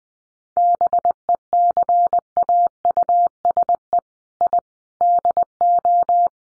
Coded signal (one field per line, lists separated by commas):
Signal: Morse code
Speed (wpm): 20 wpm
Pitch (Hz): 700 Hz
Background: none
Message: BECAUSE I DO